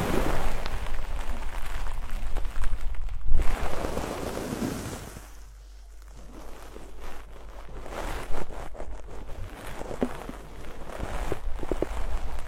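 Deep ear cleaning and massage: rustling, scraping friction in dense irregular bursts, easing to a quieter stretch near six seconds, then returning with sharp clicks.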